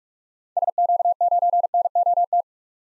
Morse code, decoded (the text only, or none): SQ9NOT